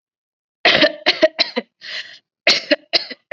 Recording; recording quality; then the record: shallow voluntary cough; excellent, no background noise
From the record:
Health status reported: COVID-19 positive, mild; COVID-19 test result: positive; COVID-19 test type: RT-PCR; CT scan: not taken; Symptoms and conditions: cough, sore throat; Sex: female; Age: 18 years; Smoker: no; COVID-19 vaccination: both doses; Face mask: not worn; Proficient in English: yes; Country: India